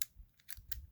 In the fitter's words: And to insert the jack again, you just kind of lift this a bit, and then it clicks back in.